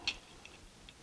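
A magazine release assembly is pushed back into the lower receiver of a Franklin Armory DFM rifle, giving one sharp click at 0.1 s, followed by two fainter ticks near 0.5 s and 0.9 s. The magazine release is seated in the receiver.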